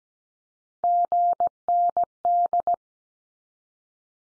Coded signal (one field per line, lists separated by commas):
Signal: Morse code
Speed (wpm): 17 wpm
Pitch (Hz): 700 Hz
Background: none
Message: GND